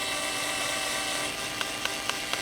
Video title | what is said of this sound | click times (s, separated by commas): How To Get PERFECT Flares For Ductless Mini Splits - Navac Powered Flaring Tool! | Starts clicking again, you know you're done. | 1.6 s, 1.8 s, 2.1 s, 2.3 s